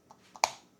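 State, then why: Seated. A Garmin 67i handheld GPS is slid onto the rail on the back of its carabiner mount and pressed in. Two faint ticks at about 0.1 s and 0.4 s come before a sharp, bright click at 0.4 s that fades quickly. The GPS is seated and fixed in the mount.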